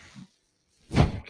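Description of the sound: A brief low whooshing puff after a pause, the breath cycle of a home mechanical ventilator.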